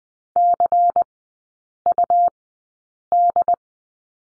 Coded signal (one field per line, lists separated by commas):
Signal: Morse code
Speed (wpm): 20 wpm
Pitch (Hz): 700 Hz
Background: none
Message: CUD